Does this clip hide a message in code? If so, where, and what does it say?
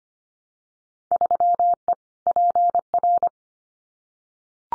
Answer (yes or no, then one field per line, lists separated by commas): yes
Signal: Morse code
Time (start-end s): 1.1-3.3 s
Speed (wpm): 25 wpm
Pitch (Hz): 700 Hz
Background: none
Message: 3E PR